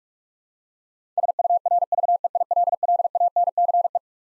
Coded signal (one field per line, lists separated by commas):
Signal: Morse code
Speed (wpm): 41 wpm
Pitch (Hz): 700 Hz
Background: none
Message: SURVEILLANCE